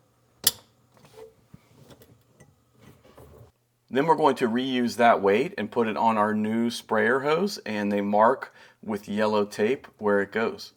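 Under a sink, a new pulldown sprayer hose for a Moen Adler kitchen faucet is pushed into the faucet's plastic quick-connect fitting and snaps into place with a sharp, loud click at 0.5 s. A few faint handling taps follow, then someone talks. The hose is seated in the quick connect.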